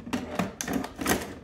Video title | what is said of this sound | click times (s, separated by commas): Greenworks Pro 80v Backpack Leaf Blower - Full Review and Demo | insert it like that it snaps in place to remove the battery push down | 0.6 s